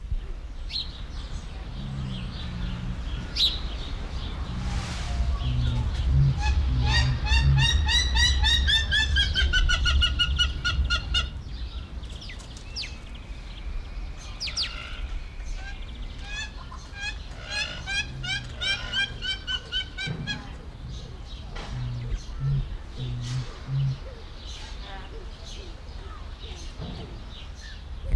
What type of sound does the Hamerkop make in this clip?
call